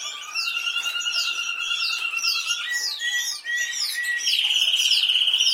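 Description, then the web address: Canary song with long pure steady tones and rolling trills, shifting pitch between phrases, under rapid repeated swept whistles. "Golchin Best Canari Seda Canari. Niyaz Music)"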